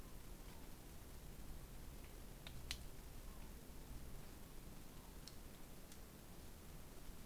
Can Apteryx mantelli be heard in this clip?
no